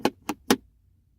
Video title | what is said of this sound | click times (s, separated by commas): HOW TO REPLACE ANY SUBARU GLOVE BOX KEY LOCK CYLINDER | you do you just kind of put it back in and you're gonna hear it click | 0.5 s